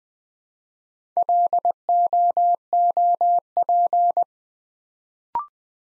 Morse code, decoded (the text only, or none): LOOP